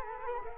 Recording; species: mosquito wingbeat signal from an infrared sensor; Culex quinquefasciatus